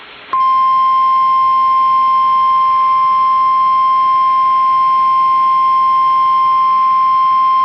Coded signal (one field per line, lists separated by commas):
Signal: Emergency Alert System (SAME) tones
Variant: 1050 Hz attention tone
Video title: SVR for OK (EAS #35)